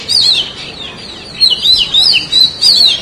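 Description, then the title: Oriental magpie-robin giving a short sequence of clear, slurred whistles repeated several times in quick succession. "Kacer"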